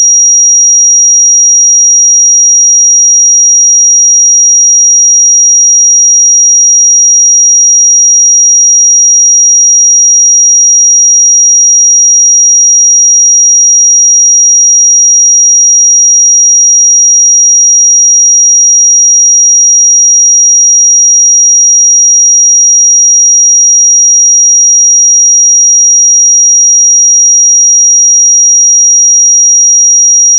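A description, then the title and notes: A pure sine tone at 5717 Hz sounds without a break for the full thirty seconds. The pitch is high and thin, and its loudness never changes. Nothing else is heard behind it. 5717 Hz 1 Hz Interval Sine Pure Tone Frequency 441000 Sample Mono.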